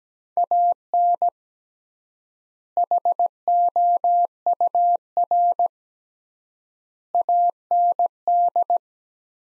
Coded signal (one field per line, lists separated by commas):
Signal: Morse code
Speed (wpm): 17 wpm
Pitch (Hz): 700 Hz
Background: none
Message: AN HOUR AND